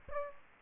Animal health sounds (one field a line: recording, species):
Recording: mosquito wingbeat signal from an infrared sensor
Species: Aedes aegypti